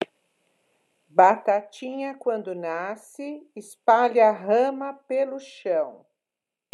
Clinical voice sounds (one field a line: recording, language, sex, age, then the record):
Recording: short text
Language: Brazilian Portuguese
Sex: female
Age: 70 to 79 years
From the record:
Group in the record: control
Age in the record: 71 years